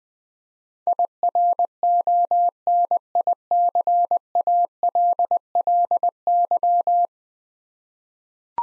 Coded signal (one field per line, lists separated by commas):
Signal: Morse code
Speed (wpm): 20 wpm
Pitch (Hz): 700 Hz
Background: none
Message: IRONICALLY